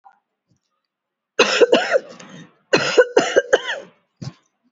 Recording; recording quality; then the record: heavy voluntary cough; excellent, no background noise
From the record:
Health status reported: healthy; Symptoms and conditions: cough, fever, muscle pain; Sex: female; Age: 46 years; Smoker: no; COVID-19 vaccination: both doses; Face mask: worn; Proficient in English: yes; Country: India